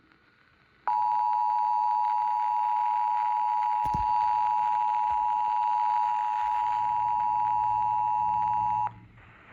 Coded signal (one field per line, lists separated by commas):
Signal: Emergency Alert System (SAME) tones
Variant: 853 and 960 Hz attention tone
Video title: Scholastic Storms IV (EAS Alerts from 5/16/23) EAS #61-#80